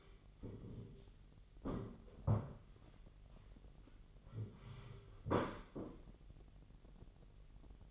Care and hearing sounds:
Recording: daily activity, microphone in the room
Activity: sit down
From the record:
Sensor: 4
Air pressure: 999.3 hPa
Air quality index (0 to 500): 114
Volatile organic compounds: 2 ppm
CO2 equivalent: 1124 ppm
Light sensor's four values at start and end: 13/31/12/13 and 13/31/12/13

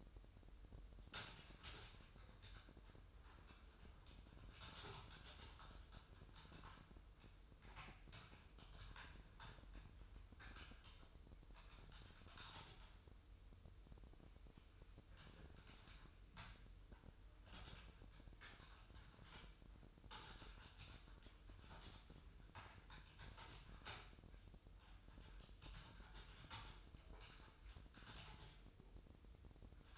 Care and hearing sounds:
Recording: daily activity, microphone in the room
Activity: typing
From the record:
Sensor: 2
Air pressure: 988.6 hPa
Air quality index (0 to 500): 202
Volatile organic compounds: 265 ppm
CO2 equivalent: 4400 ppm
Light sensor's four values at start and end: 21/74/28/28 and 21/74/28/28

